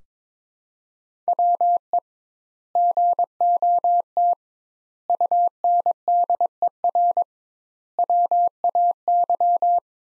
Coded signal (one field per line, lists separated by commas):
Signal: Morse code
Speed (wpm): 22 wpm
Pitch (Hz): 700 Hz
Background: none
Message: WE GOT UNDER WAY